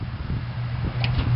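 The lock levers on a two-piece EZ-Clamp tie-down clamp fitted to a pickup truck bed rail are pushed into place over a steady low hum. One sharp, short snap at 1.0 s marks the lock seating.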